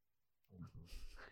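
After half a second of quiet, a low, gurgling rumble rises and rolls on for under a second, almost all deep bass. This is an adult's stomach growling (borborygmi), the ordinary sound of gas and fluid moving through the gut.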